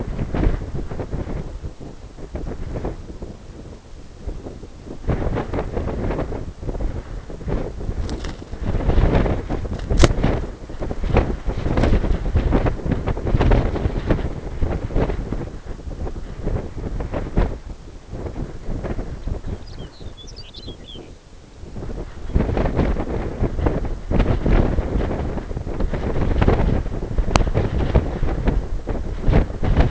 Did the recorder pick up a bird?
yes